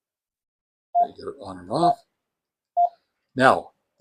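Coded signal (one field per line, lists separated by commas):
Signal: none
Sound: radio's key beeps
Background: speech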